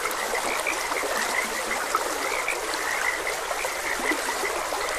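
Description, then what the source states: Frogs croaking, a dense chorus of short repeated notes over the steady rush and trickle of a stream. Frogs croaking beside a gentle stream.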